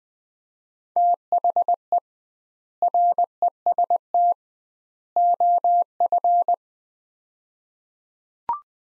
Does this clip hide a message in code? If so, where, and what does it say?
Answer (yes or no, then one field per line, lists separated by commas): yes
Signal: Morse code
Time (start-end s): 1.0-6.5 s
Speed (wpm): 21 wpm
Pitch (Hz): 700 Hz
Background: none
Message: THE REST OF